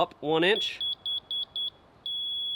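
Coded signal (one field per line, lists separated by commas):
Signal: none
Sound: a laser level receiver's beeps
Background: speech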